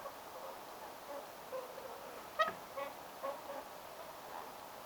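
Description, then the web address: Whooper swan social calls: one louder honking note with rich overtones near the middle, preceded and followed by a few soft, short calls over steady background hiss. Whooper swan family with cygnets giving close-range social calls, including cygnet calls, at a barn swallow nesting site on 29 October 2025; taken directly from the recorder. "paivat 29 10 2025 haarapaaskysen pesapaikan laulujoutsenpesue aantelee lahiaania sosiaalisia poikasten aantelyja suoraan aanittimesta"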